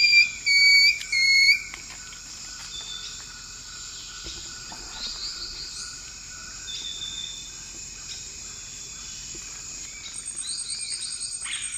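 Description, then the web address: Long-tailed woodcreeper song: a few loud, clear whistled notes in the first two seconds, then only faint sounds under a steady high insect drone. Eastern lowlands of South America. "ENTER Music and Audio. Nature Songs S America Eastern Lowlands. Deconychura longicauda, song"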